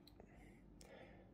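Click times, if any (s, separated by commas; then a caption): 0.8 s. The plastic priming barrel of a finger-prick blood lancing device is pulled back until its spring mechanism latches. Soft handling ticks occur near 0.1 and 0.2 s, then a sharp latching click at 0.8 s shows the device is cocked and ready.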